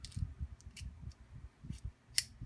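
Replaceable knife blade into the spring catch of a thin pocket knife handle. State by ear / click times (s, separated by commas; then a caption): seated / 2.2 s. A thin metal disposable knife blade is slid into the spring catch of a thin pocket knife handle after the spring is moved aside, with soft low handling rustles and faint small ticks early on. A sharp, bright click at 2.2 s marks the spring catch engaging one of the blade's two notches, and the blade is seated.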